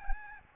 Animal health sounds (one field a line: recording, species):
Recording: mosquito wingbeat signal from an infrared sensor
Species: Aedes albopictus